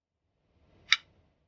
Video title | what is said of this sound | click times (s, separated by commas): How to Fix a Broken Air Vent - Toyota Sienna | And when everything pops into place, you'll hear a nice satisfying click. | 0.9 s